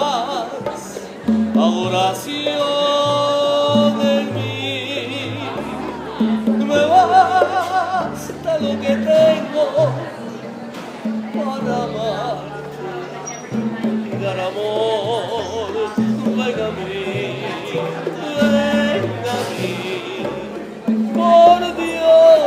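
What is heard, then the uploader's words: A live band plays in an open-air garden in the evening, with a bouncing bass line stepping under bright chords and a singing voice gliding over the top. The music stays steady and full throughout, with faint crowd chatter underneath. Los Musicos del Hotel Nacional en La Habana. An evening of music and warm caribbean breeze at the gardens of the Hotel Nacional in La Habana, Cuba.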